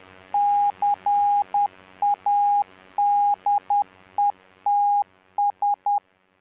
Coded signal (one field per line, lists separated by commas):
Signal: Morse code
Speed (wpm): 10 wpm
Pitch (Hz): 820 Hz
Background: none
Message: CADETS